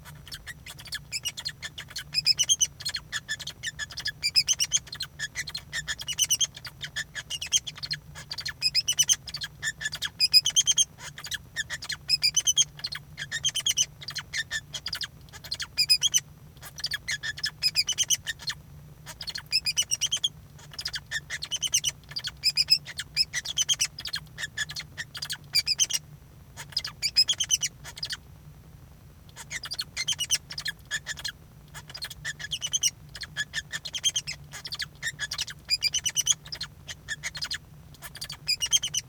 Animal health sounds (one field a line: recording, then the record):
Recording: song of a male Bengalese finch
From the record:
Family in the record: son of father 2